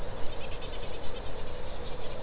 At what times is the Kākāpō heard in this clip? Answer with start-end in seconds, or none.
none